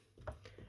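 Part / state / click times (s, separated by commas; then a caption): movable plastic brick part into its stud position on a starfighter model / seated / 0.3 s. A movable plastic brick part on a Lego Star Wars 8095 General Grievous starfighter model, held on a rubber piece by a handlebar right where the stud should be, is moved back up. It snaps into place with a sharp click at 0.3 s, followed by a softer tap at about 0.5 s. The part is seated.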